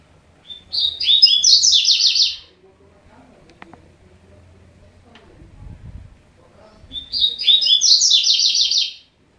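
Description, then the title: Double-collared seedeater singing two rapid, slurred, high twittering phrases several seconds apart, each about two seconds long, with near silence between them. "Canto Coleiro"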